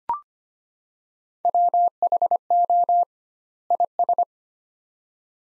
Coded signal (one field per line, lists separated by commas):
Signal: Morse code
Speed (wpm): 25 wpm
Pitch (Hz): 700 Hz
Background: none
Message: WHO IS